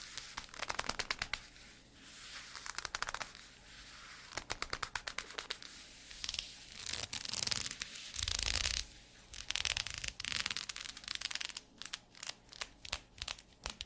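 Squeaky leather being worked and flexed, giving bursts of dry crackling creaks and dense clicking rubs with brief pauses between them. The loudest, fullest rubbing comes around the middle, and a faint steady low hum sits underneath throughout.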